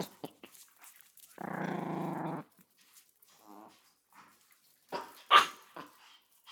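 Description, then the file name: Chihuahua growl: a steady rumbling growl lasting about a second, then a brief low grumble and a sharp yip near the end, with light clicks between. Dogs playing; recorded 20 May 2017. "20170520 Chihuahua Dogs Playing"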